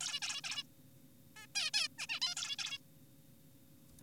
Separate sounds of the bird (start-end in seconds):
0.01-0.20, 0.22-0.41, 0.44-0.63, 1.37-1.47, 1.55-1.71, 1.74-1.88, 1.99-2.07, 2.09-2.20, 2.22-2.35, 2.37-2.56, 2.59-2.78